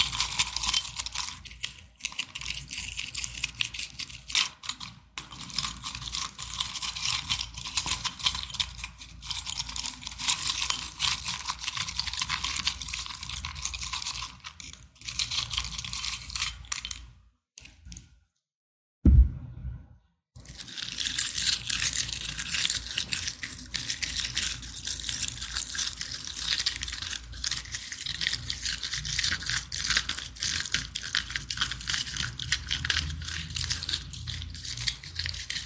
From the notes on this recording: Glass scratching